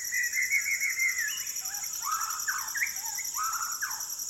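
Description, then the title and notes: White-crowned shama fluting notes, a run of rapid warbled whistles followed by looser sliding phrases, under a continuous shrill insect hum. Fluting calls in a dusk chorus as the sun sets over a rainforest valley in Maliau NP, Borneo; recorded with Sony PCM D10, Lom MikroUsi mics and windshields. "Borneo Rainforest - Evening - Dusk Chorus With Shama. The fluting calls of White-crowned shamas fill the valley as the sun sets over the jungles of Maliau NP, Borneo"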